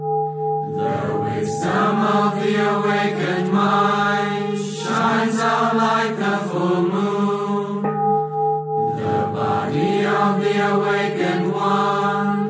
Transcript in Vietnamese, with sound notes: The wisdom of the Awakened Mind shines out like the full moon. [bell]
The body of the Awakened